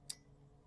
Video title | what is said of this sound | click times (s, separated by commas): Dad Replaces 2021 Mazda CX-5 Wipers (Bosch Aero Twin) | We've got the button, as you can see. Hopefully you heard it. It snapped into place. We're done. | 0.1 s